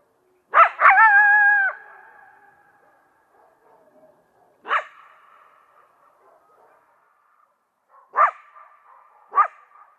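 Coyote barking: one bark drawn into a short howl, followed by three sharp barks with faint tonal tails.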